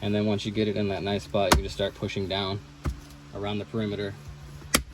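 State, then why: Seated. Someone talks while a gloss black plastic trim panel is set in place on the center console of a 2023–2026 Acura Integra and pressed down around its perimeter. A sharp snap at 4.8 s marks its clips seating back into the console.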